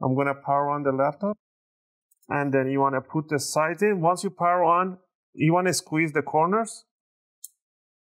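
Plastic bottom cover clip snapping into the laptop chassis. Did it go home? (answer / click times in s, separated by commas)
yes / 7.4 s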